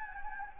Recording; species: mosquito wingbeat signal from an infrared sensor; Anopheles gambiae